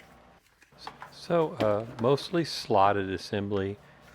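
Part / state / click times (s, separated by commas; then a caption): plastic slotted part into hose reel frame / not seated / none. A plastic slotted part is handled beside a Liberty hose reel frame during assembly, with a few faint taps and rustles near the start while someone talks. The part has not yet been inserted into its slot; nothing has seated or clicked yet.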